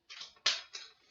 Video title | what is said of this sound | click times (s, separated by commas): First Day with the BEERMKR - Redwood IPA | and there it goes i heard it click it | 0.5 s